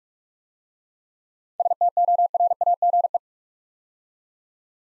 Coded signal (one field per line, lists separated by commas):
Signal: Morse code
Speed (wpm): 44 wpm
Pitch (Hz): 700 Hz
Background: none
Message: STORAGE